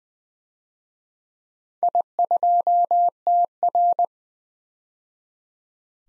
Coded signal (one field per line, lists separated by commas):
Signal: Morse code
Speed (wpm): 20 wpm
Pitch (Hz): 700 Hz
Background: none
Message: I2TR